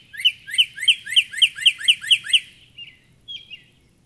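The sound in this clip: Northern cardinal song: nine loud clear whistled notes in quick, even succession, then a few softer notes.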